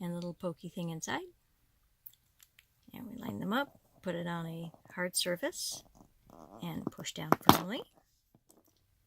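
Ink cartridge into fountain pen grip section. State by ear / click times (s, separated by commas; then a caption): seated / 8.5 s. Someone talks while a plastic ink cartridge is lined up with the grip section of a cat fountain pen, the pen is set on a hard surface, and it is pressed down slowly. At 8.5 s a single soft click is heard as the cartridge is pierced and seats in the pen.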